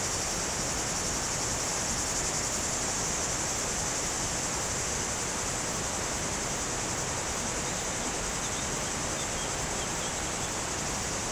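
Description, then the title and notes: Cicadas keep up a high, monotonous hiss-like buzz over the broad rush of a river. Cicadas very active in trees near the Jourdan river on the slopes of the Grand Colombier above Culoz, France, on a hot day; river audible. "Chem. de Romagnieux, 01350 Culoz, France - Rivière et cigales. Sur les pentes du Grand Colombier au dessus de Culoz , par cette chaude journée les cigales sont très actives dans les arbres près du Jourdan"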